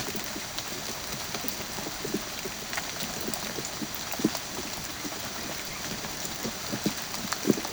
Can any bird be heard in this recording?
no